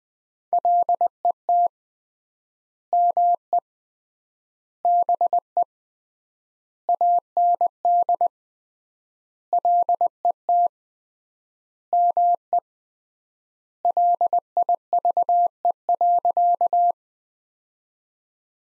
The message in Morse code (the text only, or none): LET ME BE AND LET ME LIVE.